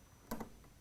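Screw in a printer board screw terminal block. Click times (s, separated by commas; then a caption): 0.3 s. The next screw in the screw terminal block on a Turnigy Fabrikator 3D printer board is loosened until it clicks, with the sharp click at 0.3 s followed by a softer tick at 0.4 s. The screw is now fully loosened and released.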